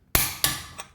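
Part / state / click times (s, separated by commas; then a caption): click-type torque wrench tightening a lug nut on a car wheel stud / torque reached / 0.2 s. A click-type torque wrench set to 80 foot-pounds tightens a lug nut on a steel car wheel stud. A sharp, loud click rings out at 0.2 seconds, followed by a second sharp hit at 0.4 seconds and a faint tick at 0.8 seconds. The wrench has reached its torque setting.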